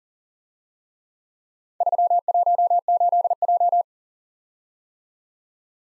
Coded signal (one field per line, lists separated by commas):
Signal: Morse code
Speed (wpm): 42 wpm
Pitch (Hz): 700 Hz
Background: none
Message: 318J